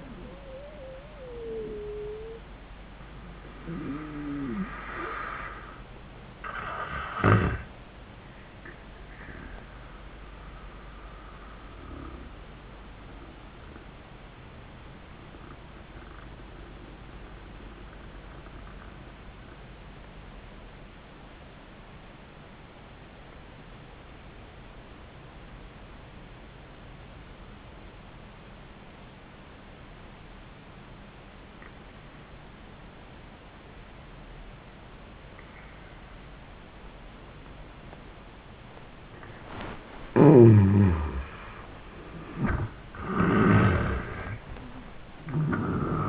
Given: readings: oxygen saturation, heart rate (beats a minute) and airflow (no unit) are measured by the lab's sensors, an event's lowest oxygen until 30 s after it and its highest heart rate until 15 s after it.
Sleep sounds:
breathing in sleep by a voice recorder at the bedside; 1
15.00-39.20 s: obstructive apnea (N1, oxygen 97% highest, then 78% lowest, heart rate 77 at the start, 99 highest)
From the record:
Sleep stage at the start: N1 (lightest sleep); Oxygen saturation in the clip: 76 to 97%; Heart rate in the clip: 77 to 96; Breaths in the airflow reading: 1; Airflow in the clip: -24.5 to 30.0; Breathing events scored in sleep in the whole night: 400 in 8.7 hours asleep

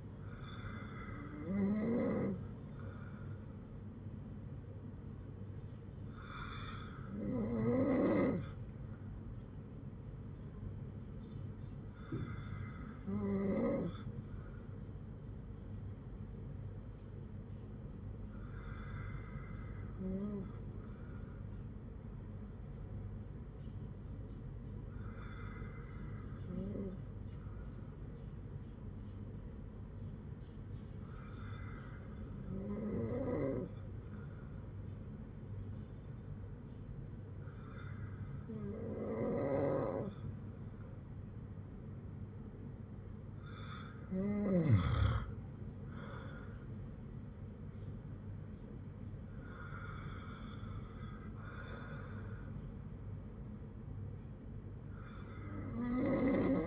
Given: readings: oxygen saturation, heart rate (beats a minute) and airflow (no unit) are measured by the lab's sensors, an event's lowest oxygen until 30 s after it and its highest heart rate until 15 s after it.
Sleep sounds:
breathing in sleep by a smartphone at the bedside; none
none scored
From the record:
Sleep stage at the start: N2 (light sleep); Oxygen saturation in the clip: 95 to 96%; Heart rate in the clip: 54 to 59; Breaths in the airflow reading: 9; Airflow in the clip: -7.7 to 8.8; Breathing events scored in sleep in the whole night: 182 in 7.4 hours asleep

